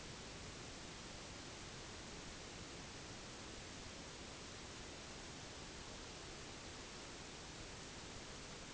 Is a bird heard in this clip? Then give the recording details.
no. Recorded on Arctic tundra, site NAIT-1, on 1 July 2019. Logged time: 08:00